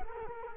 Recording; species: mosquito wingbeat signal from an infrared sensor; Culex quinquefasciatus